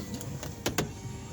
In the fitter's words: and it all snaps into place and the beat means you're done